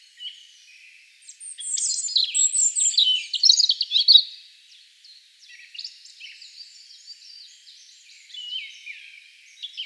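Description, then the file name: European robin singing a varied, high warbling phrase of jumbled twitters and slides, followed after a pause by softer, thin trilling phrases. "Erithacus rubecula"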